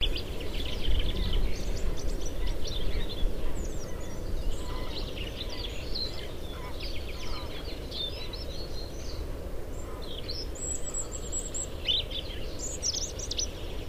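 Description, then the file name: European robin song: a long run of varied high, squeaky notes and trills that ends in thin, very high phrases, over constant low background noise. "Erithacus rubecula"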